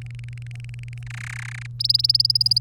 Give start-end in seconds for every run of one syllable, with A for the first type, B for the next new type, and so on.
0.01-1.03 A, 1.06-1.67 B, 1.79-2.61 C